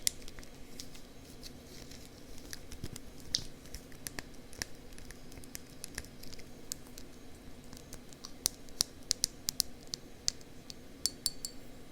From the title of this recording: Ear Tapping & Scratching